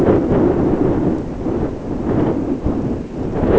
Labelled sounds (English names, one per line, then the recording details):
none
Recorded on Arctic tundra, site ZACK-1, on 16 June 2019
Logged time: 07:49